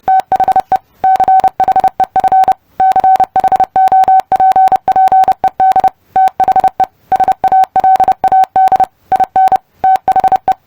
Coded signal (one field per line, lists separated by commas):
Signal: Morse code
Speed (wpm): 30 wpm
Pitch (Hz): 760 Hz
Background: none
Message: THE CHEF CHOPPED THE SALAD IN THE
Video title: Testing comprehension of morse code. #morsecodepractice #morse #morsecode